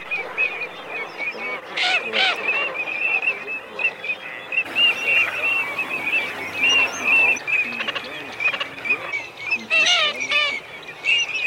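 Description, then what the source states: Eurasian teal giving many short, clipped high whistled notes in a busy, overlapping run. Male; recording made for use in a decoy caller.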